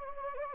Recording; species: mosquito wingbeat signal from an infrared sensor; Anopheles gambiae